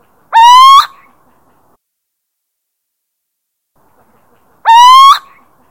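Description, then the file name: Little owl territorial calls, a pair of nasal rising notes separated by a long silent pause, clean and clear. Territorial call, Drenthe, Netherlands. "Steenuil territorium Drenthe"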